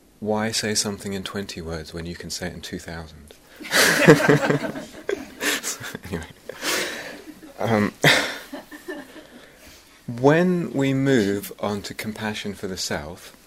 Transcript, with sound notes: "Why say something in twenty words when you can say it in two thousand?" [laughter] When we move on to compassion for the self,